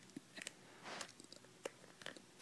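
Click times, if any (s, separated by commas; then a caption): none. A removable head is pushed back onto the neck peg of a collectible PVC Portrait of Pirates One Piece figure, producing small plastic taps and rubbing contact sounds, with sharp ticks around 0.4–0.5 s and 2.4 s. Nothing has seated or clicked yet; the head is not yet home.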